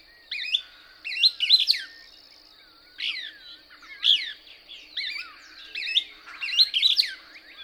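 Couch's Kingbird song: bursts of sharp, twittery chirps sweeping up and down, coming in clusters about once a second, over a steady high insect-like hum.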